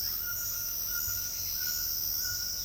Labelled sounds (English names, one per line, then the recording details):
none
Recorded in secondary vegetation near Puerto Asís, Putumayo, Colombia, on 28 February 2025 at 09:30
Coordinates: 0.484, -76.319
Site G010